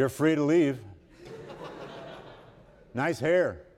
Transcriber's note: laughter